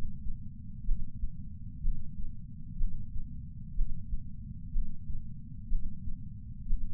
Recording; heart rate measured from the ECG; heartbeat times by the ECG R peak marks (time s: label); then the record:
heart sounds by patch sensor on the chest; 62 bpm
0.85 s: heartbeat
1.82 s: heartbeat
2.77 s: heartbeat
3.75 s: heartbeat
4.72 s: heartbeat
5.69 s: heartbeat
6.67 s: heartbeat
From the record:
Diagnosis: coronary artery disease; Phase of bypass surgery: preoperative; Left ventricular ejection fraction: 36.6%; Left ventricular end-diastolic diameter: 43 mm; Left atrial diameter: 33 mm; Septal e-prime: 3.9 cm/s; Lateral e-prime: 8 cm/s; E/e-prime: 10.3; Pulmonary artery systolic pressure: 22 mmHg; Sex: female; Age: 80 years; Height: 150 cm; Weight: 49 kg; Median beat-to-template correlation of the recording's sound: 0.90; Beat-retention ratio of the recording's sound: 0.98